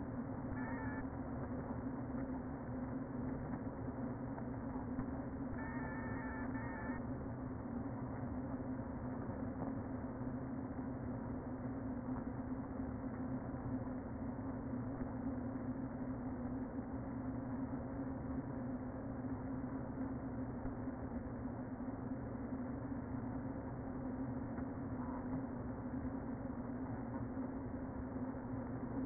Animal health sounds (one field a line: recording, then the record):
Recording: honeybee colony, microphone inside the hive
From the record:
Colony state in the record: queen present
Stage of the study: before two queens were removed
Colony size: about 60,000 bees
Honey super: yes